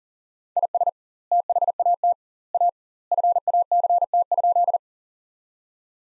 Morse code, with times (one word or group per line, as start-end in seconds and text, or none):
0.6-0.9 IS
1.3-2.1 THAT
2.5-2.7 A
3.1-4.8 FACT?